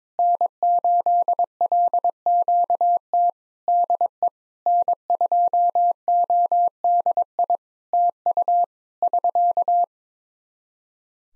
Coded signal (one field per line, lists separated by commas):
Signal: Morse code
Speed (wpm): 22 wpm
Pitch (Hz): 700 Hz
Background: none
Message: N8LQT DE N2ODI TU <SK>